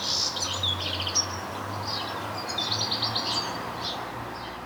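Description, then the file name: European goldfinch calls: light, tinkling high twitters spaced throughout over a steady low hum. "Carduelis carduelis"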